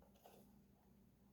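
A custom fixed-blade knife is handled at its thick leather sheath, where the finger guard is meant to rest inside a leather pocket for good retention. A soft rustle and scrape comes at about 0.2–0.4 s over a low, steady hum. Nothing has clicked or seated yet.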